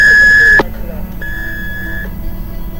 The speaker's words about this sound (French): Au bip sonore, soyez créatif. C'est à vous maintenant.